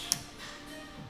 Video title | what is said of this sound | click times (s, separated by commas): Finishing Lego Optimus Prime - The Dining Room Table | did you take you do that arm swipe that arm out that's a satisfying click yeah it's some ratchets okay | 0.1 s